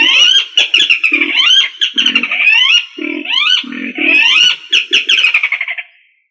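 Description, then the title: Rail calls: a loud, dense run of harsh, rising nasal notes over low grunting pulses, repeated rapidly for about six seconds before fading out. "Familia Rallidae"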